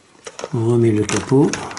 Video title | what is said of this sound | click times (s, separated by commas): Produktbewertung Kärcher Saugwischer FCV 3, kabelloser Saugwischer mit 3 Reinigungsmodi, Akkulaufzei | Cette fois-ci, hop, on entend le déclic, | 0.4 s